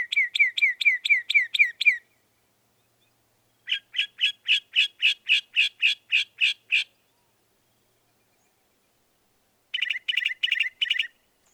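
Northern mockingbird song: a long run of quick repeated chirps, then a series of harsher repeated notes, then a shorter rattling burst.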